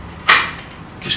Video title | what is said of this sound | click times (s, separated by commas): Wilderness V 8x10 camera movements | I just listen for that just clicks into a détente okay | 0.3 s